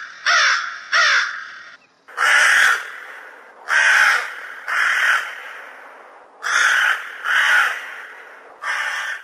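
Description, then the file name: Crow giving rough caws: two short ones first, then several longer grating calls. "Karga"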